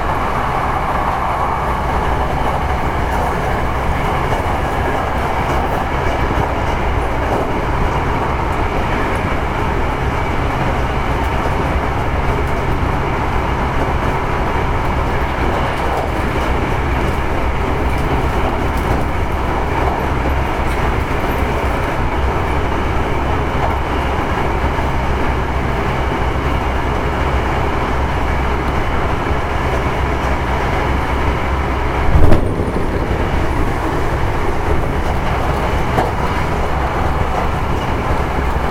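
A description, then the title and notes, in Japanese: A Hankyu 9000 series train runs steadily with a constant low rumble and hum, broken by a brief sharp knock around thirty-two seconds. 阪急電車の9000系の走行音です。神戸線特急西宮北口から梅田にて収録しました。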